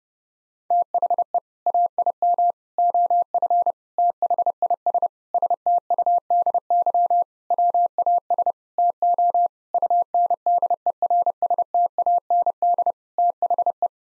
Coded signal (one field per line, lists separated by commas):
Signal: Morse code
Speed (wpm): 32 wpm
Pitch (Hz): 700 Hz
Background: none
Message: THE AIM OF THIS STUDY WAS TO UNDERSTAND THE